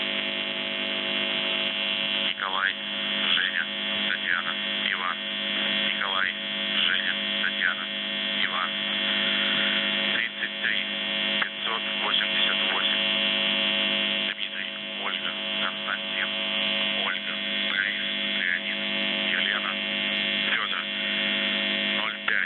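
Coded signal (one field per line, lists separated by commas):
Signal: numbers station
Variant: UVB-76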